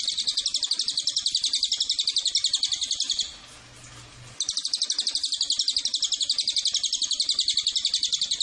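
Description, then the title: Cililin calling a long, high, rapid pulsed trill, broken by a brief pause with low background hum, then resuming at the same fast, even pace. Lure recording (pancingan) and master recording of the Cililin. "MASTERAN SUARA BURUNG CILILIN BISA JUGA PANCINGAN CILILIN"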